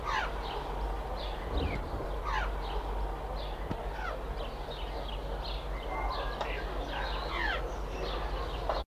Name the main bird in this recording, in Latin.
Garrulax pectoralis